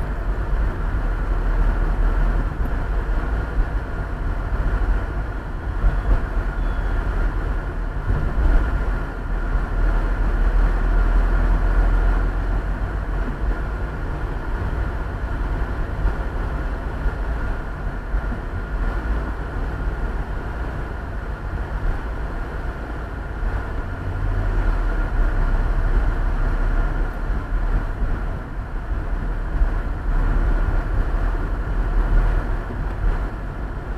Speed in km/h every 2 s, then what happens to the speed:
32, 32, 31, 31, 30, 31, 32, 32, 31, 30, 28, 27, 26, 28, 28, 29, 30.
0-14 steady at about 31. 14-24 slows to 26. 24-34 steady at about 28.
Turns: none.